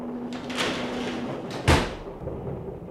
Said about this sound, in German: Machen Sie die Tür zu.